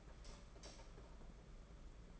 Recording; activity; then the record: daily activity, microphone in the room; light off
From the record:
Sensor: 5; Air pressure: 992.1 hPa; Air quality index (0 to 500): 203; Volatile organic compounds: 1000 ppm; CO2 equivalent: 5857 ppm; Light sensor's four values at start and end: 8/21/8/9 and 8/19/7/8